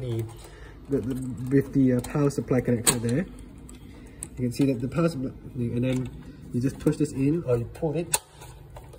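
A power supply cable connector is handled at its socket on the motherboard of a Dell Optiplex 9010 SFF desktop, where its plastic latch is meant to lock it in place. Someone talks throughout, and a few faint, brief taps sound in the pauses. Nothing has seated or clicked yet; the clip ends before the connector goes home.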